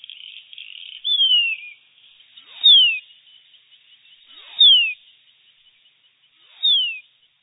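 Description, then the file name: Horsfield's bronze cuckoo calls: clear, high whistled notes sliding steeply downward, one about every two seconds, with a faint thin trill before the first note. In a Canberra garden. "horsefields Cuckoo"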